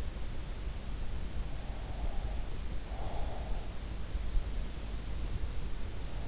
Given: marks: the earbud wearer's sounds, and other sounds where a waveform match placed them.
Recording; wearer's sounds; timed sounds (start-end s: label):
sounds in sleep by an in-ear microphone; breath
1.71-3.70 s: breath